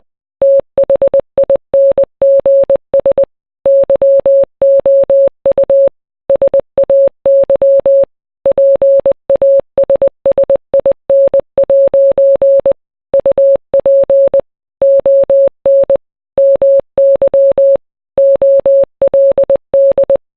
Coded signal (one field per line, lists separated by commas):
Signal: Morse code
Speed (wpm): 20 wpm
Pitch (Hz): 550 Hz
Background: none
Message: THINGS YOU SAY PASSIN' UP ON MY OLD